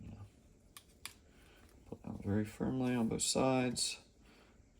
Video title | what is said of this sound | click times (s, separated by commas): Breville Barista Touch Espresso Machine Unboxing and Demo | see those are locked again it's | 0.8 s, 1.1 s